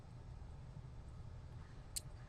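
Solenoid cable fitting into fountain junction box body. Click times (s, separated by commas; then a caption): 2.0 s. The cap or fitting of a solenoid cable is fed into a fountain junction box body and firmed up by hand. Over a low, steady rumble, a single sharp, short click sounds at 1.97 s. The fitting seats in the junction box.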